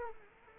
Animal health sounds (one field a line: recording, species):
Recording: mosquito wingbeat signal from an infrared sensor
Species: Culex quinquefasciatus